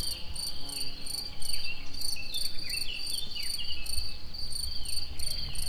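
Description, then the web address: Cricket trilling steadily and shrilly, with regular higher pulses and short whistled and sliding bird calls scattered over it. Recorded in nature at Egér tourist house; birds also heard. "tucsok. madarakis egerturistahaz"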